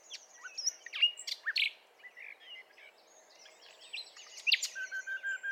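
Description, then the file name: Common nightingale giving scattered chirps and short slurred notes, then a run of evenly repeated piping notes near the end. Faint high twittering sounds behind it. "Luscinia megarhynchos"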